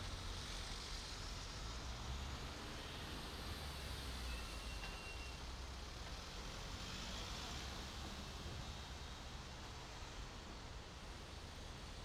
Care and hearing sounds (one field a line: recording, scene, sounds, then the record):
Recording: everyday scene through a hearing-aid microphone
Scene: in traffic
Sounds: traffic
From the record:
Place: main city hub, rush hour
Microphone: in the ear canal, right